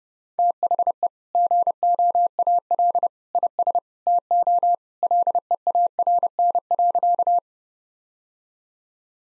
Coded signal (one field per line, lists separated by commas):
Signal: Morse code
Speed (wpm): 28 wpm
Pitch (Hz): 700 Hz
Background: none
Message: THE GOAL IS TO LEARN.